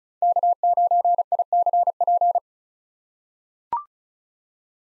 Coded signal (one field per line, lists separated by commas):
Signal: Morse code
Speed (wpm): 36 wpm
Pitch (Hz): 700 Hz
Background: none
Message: K9ICP